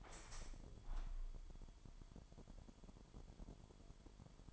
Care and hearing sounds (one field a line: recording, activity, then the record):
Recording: daily activity, microphone in the room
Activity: open window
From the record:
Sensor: 5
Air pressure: 998.1 hPa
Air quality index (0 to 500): 96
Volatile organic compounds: 2 ppm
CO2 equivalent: 1094 ppm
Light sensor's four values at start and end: 24/58/24/26 and 24/58/24/27